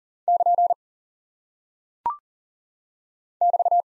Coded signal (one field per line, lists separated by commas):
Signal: Morse code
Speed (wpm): 41 wpm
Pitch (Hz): 700 Hz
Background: none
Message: <KN> <BT>